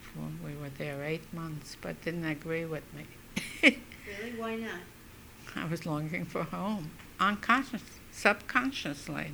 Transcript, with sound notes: We were there eight months, but it didn't agree with me. ( she laughs )
Really? Why not?
I was longing for home, unconsciously, subconsciously.